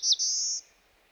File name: solitudes black throated blue warbler